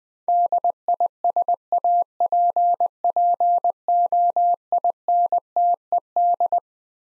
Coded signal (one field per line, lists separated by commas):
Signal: Morse code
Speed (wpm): 20 wpm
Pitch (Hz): 700 Hz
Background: none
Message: DISAPPOINTED